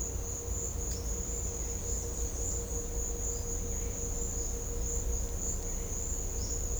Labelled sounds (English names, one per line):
none